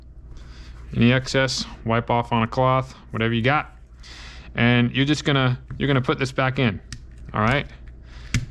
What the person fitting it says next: it's that simple and once you push it back in you'll hear a click